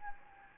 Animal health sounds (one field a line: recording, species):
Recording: mosquito wingbeat signal from an infrared sensor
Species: Anopheles gambiae